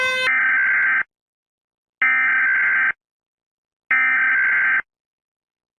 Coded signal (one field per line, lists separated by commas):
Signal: Emergency Alert System (SAME) tones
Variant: header bursts